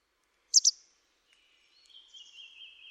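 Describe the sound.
Bird call: one sharp, high double chip, then a long, thin, wavering note.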